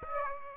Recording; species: mosquito wingbeat signal from an infrared sensor; Aedes aegypti